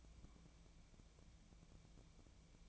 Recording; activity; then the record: daily activity, microphone in the room; take from stove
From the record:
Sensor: 1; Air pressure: 1000.0 hPa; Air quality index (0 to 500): 134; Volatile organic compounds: 2 ppm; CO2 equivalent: 1272 ppm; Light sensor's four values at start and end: 36/92/39/48 and 36/92/39/48